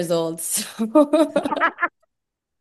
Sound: laughs

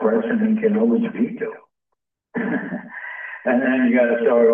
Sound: laughs

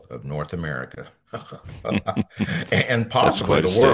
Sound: laughs

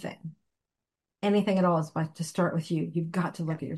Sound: none

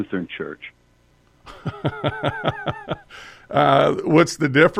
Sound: laughs

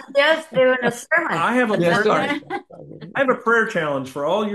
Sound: laughs

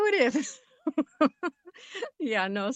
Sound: laughs

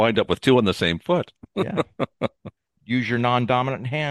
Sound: laughs

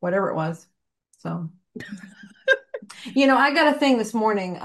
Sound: laughs

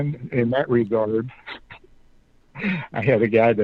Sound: laughs

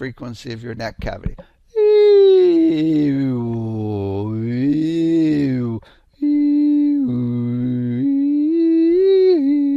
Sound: makes resonant sounds

